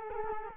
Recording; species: mosquito wingbeat signal from an infrared sensor; Culex quinquefasciatus